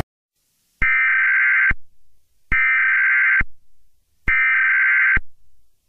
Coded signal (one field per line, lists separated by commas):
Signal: Emergency Alert System (SAME) tones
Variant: header bursts